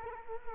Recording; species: mosquito wingbeat signal from an infrared sensor; Culex quinquefasciatus